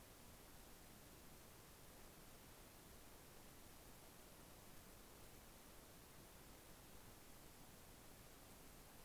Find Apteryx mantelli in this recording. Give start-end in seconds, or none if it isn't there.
none